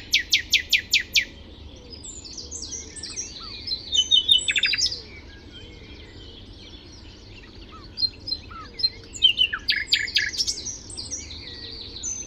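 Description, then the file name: Common nightingale delivering a fast series of sharp, clicking repeated notes, then whistled phrases and another rapid stuttering burst. "Luscinia megarhynchos"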